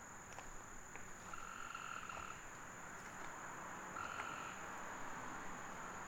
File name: Midday Forest With Tree Frog Sept 27 th 2015